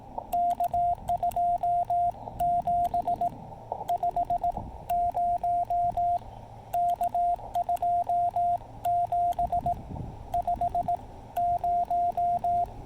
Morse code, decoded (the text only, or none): K2 7 50 K2 7 50